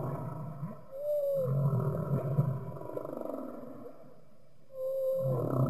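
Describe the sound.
Humpback whale song: low pulsed groaning moans with a smooth rising then falling whistled unit that returns near the end after a quiet gap.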